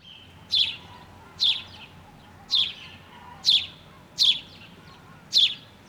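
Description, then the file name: House sparrow chirping: six sharp chirps at uneven intervals of roughly a second, steady in loudness, over low background noise. "Passer domesticus"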